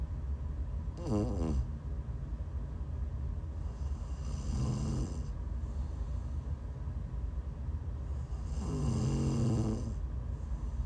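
Three rough, vibrating snores from an adult sleeper, roughly every 3.5 to 4 seconds, about 16 breaths a minute, each with a low fluttering buzz and a hiss. A steady low background hum runs underneath. Ordinary ASMR snoring.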